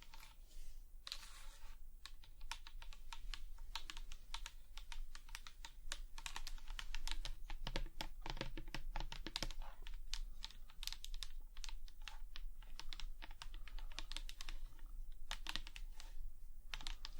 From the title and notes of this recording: ASMR Tapping. Long Nails, No Talking.